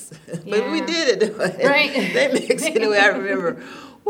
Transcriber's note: laughter